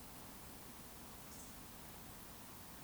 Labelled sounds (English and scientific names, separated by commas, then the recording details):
Eurasian Woodcock (Scolopax rusticola) whistle
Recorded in Baden-Württemberg, Germany, on 20 June 2020 at 20:05 UTC
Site 42618, 210 m above sea level